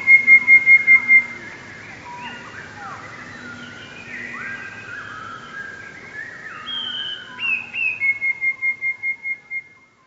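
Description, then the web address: Eurasian blue tit song: a trill at the start, soft varied warbling notes in the middle, then a high whistle and another rapid ringing trill. "wroblowe teka 2 spiew 2. wroblowe teka modraszkoteka"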